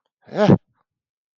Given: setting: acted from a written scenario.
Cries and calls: vocal sound without words; negative surprise

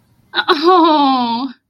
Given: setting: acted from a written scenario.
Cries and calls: vocal sound without words; adoration

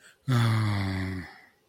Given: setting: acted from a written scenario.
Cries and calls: vocal sound without words; embarrassment

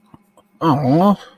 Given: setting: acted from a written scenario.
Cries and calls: vocal sound without words; sympathy

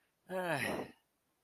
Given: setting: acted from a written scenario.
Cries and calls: vocal sound without words; elation

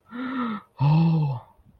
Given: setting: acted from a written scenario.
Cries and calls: vocal sound without words; negative surprise

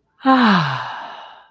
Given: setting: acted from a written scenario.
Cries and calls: vocal sound without words; ecstasy

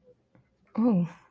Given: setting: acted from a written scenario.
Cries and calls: vocal sound without words; sympathy

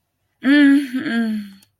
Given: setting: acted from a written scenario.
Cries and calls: vocal sound without words; sympathy

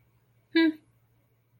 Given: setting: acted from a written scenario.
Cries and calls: vocal sound without words; neutral

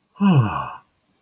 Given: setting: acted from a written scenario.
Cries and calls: vocal sound without words; pride

